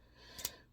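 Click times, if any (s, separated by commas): 0.5 s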